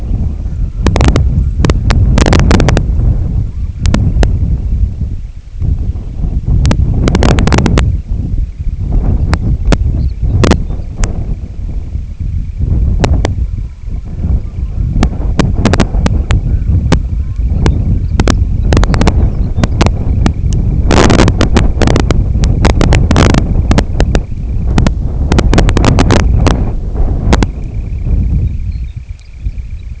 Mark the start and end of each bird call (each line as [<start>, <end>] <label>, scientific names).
[0.04, 24.79] Calidris pusilla
[0.07, 1.69] Gavia stellata
[3.23, 3.83] Gavia stellata
[9.13, 10.90] Calcarius lapponicus
[13.29, 18.61] Gavia stellata
[17.55, 20.11] Calcarius lapponicus
[25.39, 26.77] Calidris pusilla
[27.23, 30.00] Calidris pusilla
[28.30, 29.91] Calcarius lapponicus